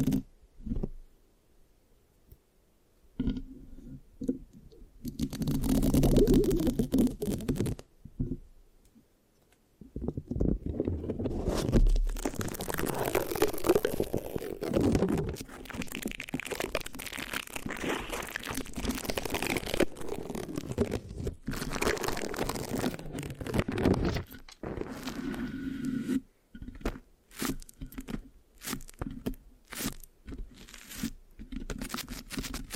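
Mic scratching and sticky sounds with no talking, starting sparse with quiet gaps and faint taps in the first five seconds. A burst of scratching around five to eight seconds gives way to dense, continuous rubbing and crackling from about ten seconds on, broken by short pauses near the end.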